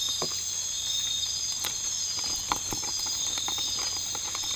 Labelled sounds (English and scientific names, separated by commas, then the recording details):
none
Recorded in dense forest near Puerto Asís, Putumayo, Colombia, on 19 March 2025 at 00:30
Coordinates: 0.484, -76.317
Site G064